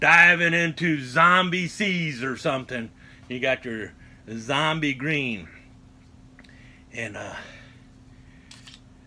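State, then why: Released. Someone talks for the first few seconds, then a diving knife is pulled from its bright green plastic sheath. Faint ticks come around 6.4 s, and a small click is heard at 8.5 s as the knife pops out easily, released from the sheath.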